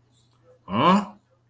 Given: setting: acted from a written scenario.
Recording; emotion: vocal sound without words; confusion